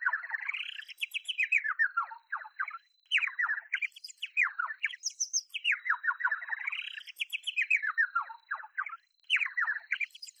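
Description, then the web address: Bird song: fast chirpy warbled phrases sweeping up and down, repeated in bursts about every three seconds, with high twittering notes and a steady thin tone underneath. "sakerhets-sm forensik beautiful-birds birds"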